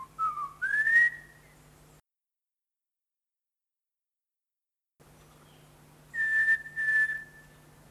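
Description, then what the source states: Bird giving clear whistled notes, a short low note then a rising, sustained whistle; after a silent gap, two level whistles follow, over a faint steady hum. Recorded in Papua New Guinea.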